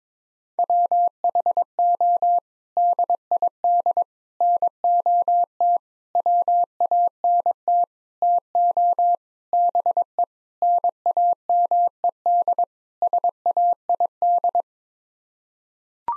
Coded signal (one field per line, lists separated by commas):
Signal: Morse code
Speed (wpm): 22 wpm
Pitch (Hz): 700 Hz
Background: none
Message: WHO DID NOT WANT TO BE NAMED SAID